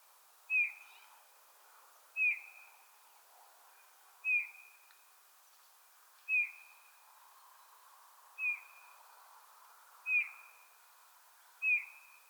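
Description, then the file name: Eurasian bullfinch uttering seven soft, short piping whistles, spaced roughly every one and a half to two seconds. "Pyrrhula pyrrhula"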